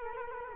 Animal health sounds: mosquito wingbeat signal from an infrared sensor; Culex quinquefasciatus

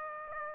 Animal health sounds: mosquito wingbeat signal from an infrared sensor; Aedes aegypti

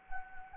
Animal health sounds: mosquito wingbeat signal from an infrared sensor; Anopheles gambiae

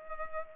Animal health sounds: mosquito wingbeat signal from an infrared sensor; Culex pipiens

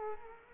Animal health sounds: mosquito wingbeat signal from an infrared sensor; Culex quinquefasciatus

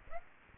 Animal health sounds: mosquito wingbeat signal from an infrared sensor; Aedes aegypti

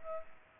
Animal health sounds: mosquito wingbeat signal from an infrared sensor; Culex pipiens

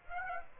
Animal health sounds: mosquito wingbeat signal from an infrared sensor; Aedes aegypti

